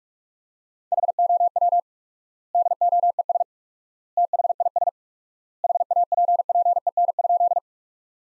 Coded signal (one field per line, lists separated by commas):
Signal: Morse code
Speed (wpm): 41 wpm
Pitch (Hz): 700 Hz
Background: none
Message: HOW DOES THIS HAPPEN?